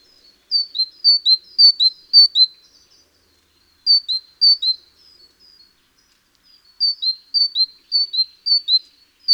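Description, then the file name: Great tit delivering bright two-part phrases, high then lower, in three bursts of about two to five repeats separated by short silences. "Parus major"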